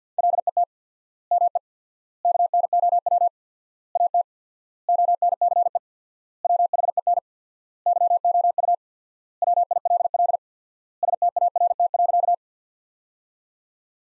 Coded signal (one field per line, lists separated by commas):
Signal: Morse code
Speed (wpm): 50 wpm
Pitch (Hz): 700 Hz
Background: none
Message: LET ME KNOW AT ONCE WHEN YOU WILL START.